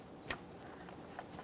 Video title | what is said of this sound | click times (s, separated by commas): How to Replace Intake Manifold 2013-2020 Ford Fusion 2.0L I4 | I heard a click a light tug | 0.3 s